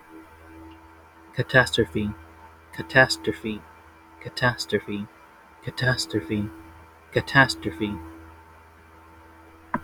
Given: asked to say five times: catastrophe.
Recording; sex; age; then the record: repeated word; male; 20 to 29 years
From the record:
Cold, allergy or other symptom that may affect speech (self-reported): no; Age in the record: 24 years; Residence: New York, United States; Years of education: 0